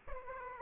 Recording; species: mosquito wingbeat signal from an infrared sensor; Aedes aegypti